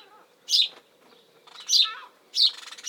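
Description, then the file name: House sparrow giving three loud, harsh chirps with quiet gaps between them and a faint background hum. Recorded in spring in Suffolk, UK; chirping calls. "Bird House-Sparrow UKSuffolk Spring Calls Chirp"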